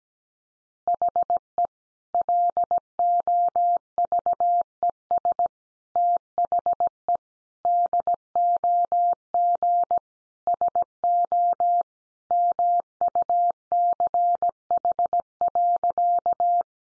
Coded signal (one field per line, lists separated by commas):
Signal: Morse code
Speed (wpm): 17 wpm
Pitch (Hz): 700 Hz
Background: none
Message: HE LOVES THE DOG SO MUCH.